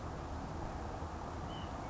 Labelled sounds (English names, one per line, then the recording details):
White-breasted Nuthatch
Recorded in Sonoma County, California